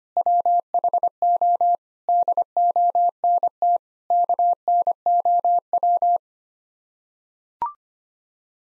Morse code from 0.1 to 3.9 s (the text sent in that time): WHO DONT